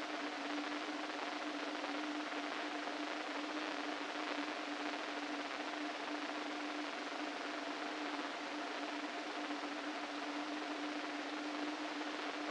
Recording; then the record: brain microelectrode recording played as sound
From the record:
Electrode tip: inside the subthalamic nucleus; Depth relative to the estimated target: -3 mm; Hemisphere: right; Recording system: NeuroSet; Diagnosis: Parkinson's disease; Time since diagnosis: 13 years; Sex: male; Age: 49 years